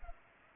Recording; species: mosquito wingbeat signal from an infrared sensor; Culex pipiens